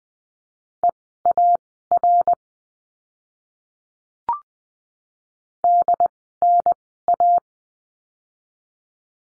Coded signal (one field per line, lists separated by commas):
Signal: Morse code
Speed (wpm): 20 wpm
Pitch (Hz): 700 Hz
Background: none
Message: EAR DNA